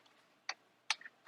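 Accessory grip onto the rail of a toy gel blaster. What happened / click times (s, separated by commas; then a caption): The spring-loaded grip clicked onto the rail / 0.5 s, 0.9 s. A spring-loaded plastic accessory grip is slid onto the rail of a CELOSIA M416 toy gel ball blaster while its release button is held down. Sharp clicks ring out at 0.5 s and 0.9 s, followed by fainter ticks around 1.1 s and 1.3 s. The grip locks in place on the rail.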